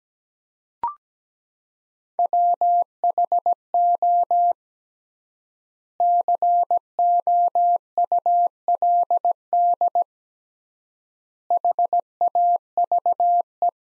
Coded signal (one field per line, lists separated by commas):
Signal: Morse code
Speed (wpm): 17 wpm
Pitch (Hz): 700 Hz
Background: none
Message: WHO COULD HAVE